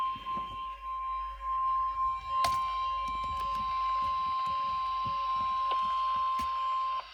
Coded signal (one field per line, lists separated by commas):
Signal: Emergency Alert System (SAME) tones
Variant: 1050 Hz attention tone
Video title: (Old Video-February 8th, 2023) Required Weekly Test!!!